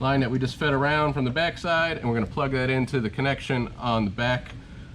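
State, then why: Not seated. Someone talks while the oil separator hose from a J&L Oil Separator Co. 3074P kit on a 2016-2026 Dodge Durango or Jeep Grand Cherokee 3.6L, already routed around from the back side, is handled toward the connection port at the back of the valve cover. The quick connector is being readied to plug onto the port, and nothing has seated or clicked yet.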